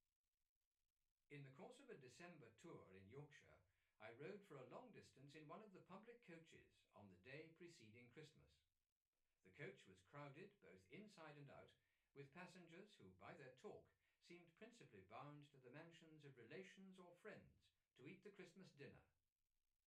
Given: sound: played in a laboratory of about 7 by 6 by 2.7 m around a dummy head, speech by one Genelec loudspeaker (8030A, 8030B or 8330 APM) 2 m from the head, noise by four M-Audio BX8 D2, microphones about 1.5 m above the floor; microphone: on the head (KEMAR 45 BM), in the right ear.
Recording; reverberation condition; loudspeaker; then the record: male speech in English; low; 90 degrees to the left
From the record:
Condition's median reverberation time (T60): about 310 ms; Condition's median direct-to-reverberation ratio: about 3.5 dB